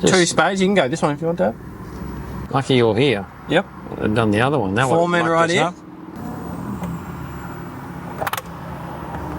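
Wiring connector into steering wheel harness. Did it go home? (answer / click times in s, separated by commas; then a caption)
yes / 8.3 s. While a new steering wheel is fitted to a 79 Series, a plastic wiring connector is pushed into the steering wheel harness near the earth spade terminals as someone talks. It seats with two sharp clicks in quick succession at about 8.3 s and 8.3 s.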